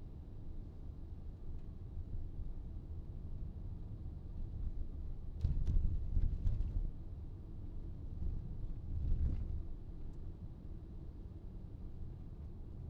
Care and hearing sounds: everyday scene through a hearing-aid microphone; in a vehicle; engine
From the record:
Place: VW T5 Caravelle, diesel engine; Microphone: in the ear canal, right

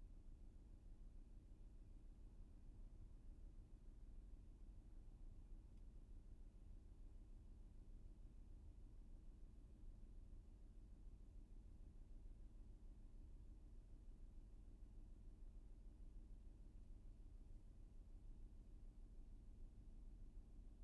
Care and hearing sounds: everyday scene through a hearing-aid microphone; in a vehicle; engine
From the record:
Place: VW T5 Caravelle, diesel engine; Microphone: behind the ear, left, rear

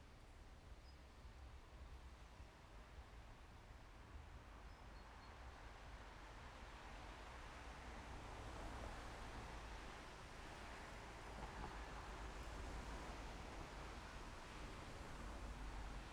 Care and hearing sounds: everyday scene through a hearing-aid microphone; in traffic; traffic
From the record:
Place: main road on the outskirts, rush hour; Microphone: behind the ear, left, rear

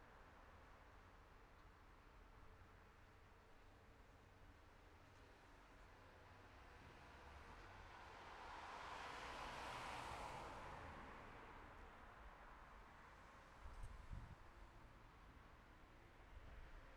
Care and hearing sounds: everyday scene through a hearing-aid microphone; in traffic; traffic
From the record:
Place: city secondary road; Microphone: behind the ear, left, front

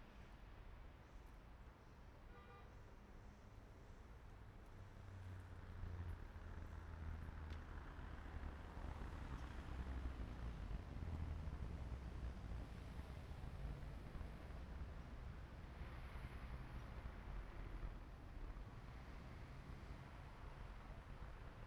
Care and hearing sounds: everyday scene through a hearing-aid microphone; in traffic; traffic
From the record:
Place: main city hub, rush hour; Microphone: behind the ear, right, front

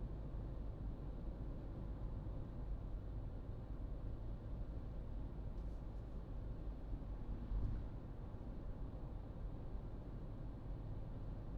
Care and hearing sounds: everyday scene through a hearing-aid microphone; in a vehicle; engine, highway driving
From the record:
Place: Berlingo II, diesel engine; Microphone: in the ear canal, right

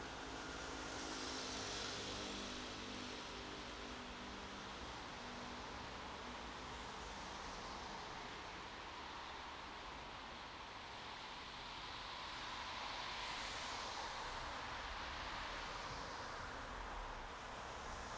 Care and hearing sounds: everyday scene through a hearing-aid microphone; in traffic; traffic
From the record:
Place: bus stop on a city main road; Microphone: in the ear canal, right

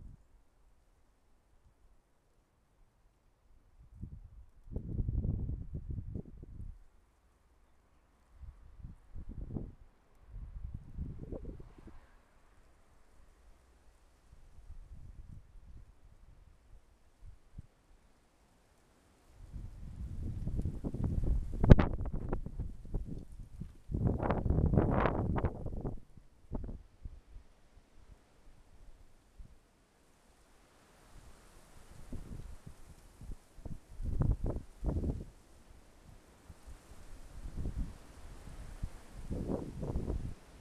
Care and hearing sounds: everyday scene through a hearing-aid microphone; wind on the microphone; wind, traffic, birds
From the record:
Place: suburban garden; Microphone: behind the ear, left, rear

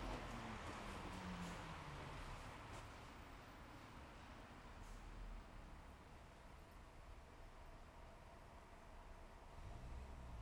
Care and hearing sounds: everyday scene through a hearing-aid microphone; in traffic; traffic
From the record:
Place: bus stop on a city main road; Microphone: behind the ear, left, rear

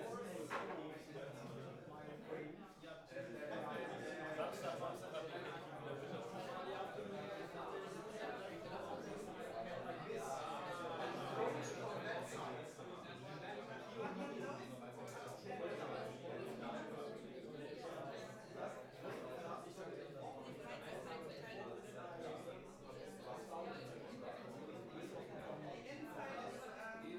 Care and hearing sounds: everyday scene through a hearing-aid microphone; many people talking; many voices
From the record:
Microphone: behind the ear, left, front

